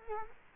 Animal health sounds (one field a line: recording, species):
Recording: mosquito wingbeat signal from an infrared sensor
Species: Culex quinquefasciatus